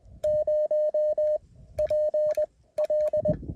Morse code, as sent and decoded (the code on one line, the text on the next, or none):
----- / .--. .-..
0 PL